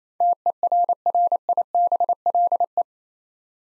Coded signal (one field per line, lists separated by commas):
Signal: Morse code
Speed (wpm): 28 wpm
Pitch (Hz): 700 Hz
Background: none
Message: TERRIBLE